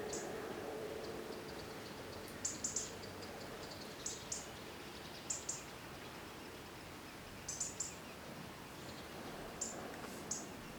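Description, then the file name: European robin calls: sharp, very high ticks in pairs and short bursts every second or two, set against steady background hiss. "Erithacus rubecula"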